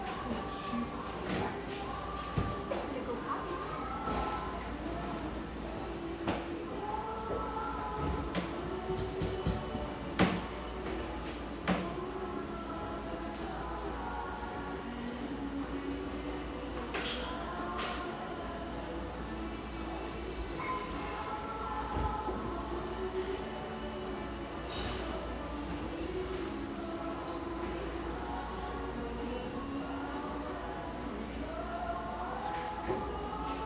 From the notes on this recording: the sounds and mellow radio of this beautiful exposed-brick coffeehouse in the Northeast Portland neighborhood of Hazelwood